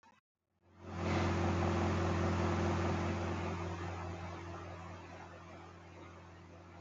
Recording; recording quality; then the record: shallow breathing; poor, much background noise or distortion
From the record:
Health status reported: healthy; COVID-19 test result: not tested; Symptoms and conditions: none ticked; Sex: male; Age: 20 years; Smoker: not ticked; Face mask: worn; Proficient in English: yes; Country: India